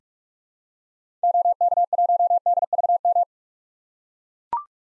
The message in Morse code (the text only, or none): OK1DVM